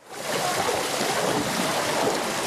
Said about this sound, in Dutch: In Hoorn was een nooddijk aangelegd, maar die hield het niet. Het gaat helemaal fout. Het komt er doorheen, het komt onderdoor.